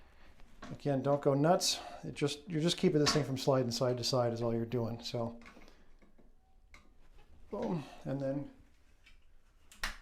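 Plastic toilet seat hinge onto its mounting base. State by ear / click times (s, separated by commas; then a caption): seated / 9.8 s. A plastic toilet seat hinge is fitted onto its mounting base by pulling the little tab over it. Someone talks for most of the clip, and at 9.8 s a sharp click is heard as the hinge locks into place.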